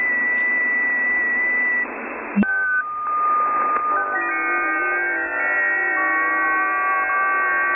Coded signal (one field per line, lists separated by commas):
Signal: FT8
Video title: #SHORT YC0SJA Combining uSDX with HDSDR and JTDX FT8